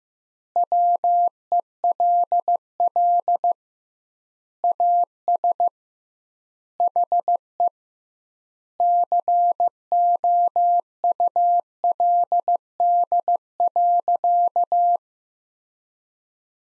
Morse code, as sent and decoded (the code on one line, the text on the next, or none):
.-- . .-.. .-.. / .- ... / .... . / -.-. --- ..- .-.. -.. .-.-.-
WELL AS HE COULD.